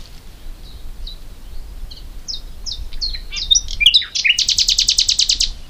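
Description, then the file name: Common nightingale song: a series of descending whistled notes, growing louder, then a fast rattling burst of repeated high buzzy notes. "Luscinia megarhynchos"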